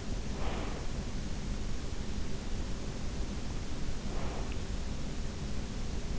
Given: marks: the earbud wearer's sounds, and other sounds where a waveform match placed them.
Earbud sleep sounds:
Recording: sounds in sleep by an in-ear microphone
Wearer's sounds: breath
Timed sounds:
0.15-0.91 s: breath
3.90-4.72 s: breath

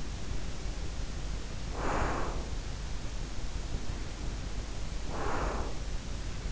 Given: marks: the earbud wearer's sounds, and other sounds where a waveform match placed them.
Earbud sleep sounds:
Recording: sounds in sleep by an in-ear microphone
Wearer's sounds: breath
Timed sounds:
0.20-2.79 s: breath
3.67-6.01 s: breath

